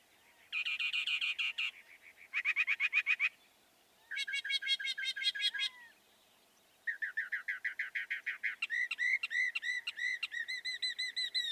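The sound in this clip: Northern mockingbird song: blocks of fast buzzy rattles and trills, each phrase repeated rapidly, switching to a steady series of ringing notes at the end.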